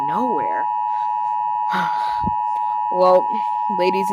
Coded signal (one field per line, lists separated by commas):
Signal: Emergency Alert System (SAME) tones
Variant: 853 and 960 Hz attention tone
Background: speech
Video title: Rogue Flare (An EAS Scenario)